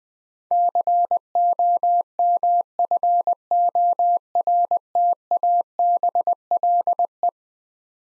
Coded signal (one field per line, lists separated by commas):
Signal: Morse code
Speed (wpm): 20 wpm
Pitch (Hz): 700 Hz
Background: none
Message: COMFORTABLE